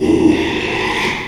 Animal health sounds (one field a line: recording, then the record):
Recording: squeal of a Yucatan mini pig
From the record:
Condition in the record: after surgery on the right vocal fold (resection and tissue-engineered implant)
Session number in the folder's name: 1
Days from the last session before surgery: 6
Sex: male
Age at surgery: 12 weeks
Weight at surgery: 13 kg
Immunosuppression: cyclosporine, prednisolone